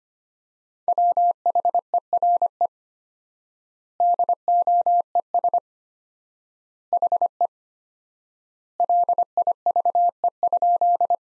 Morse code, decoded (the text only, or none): WHERE DOES HE LIVE?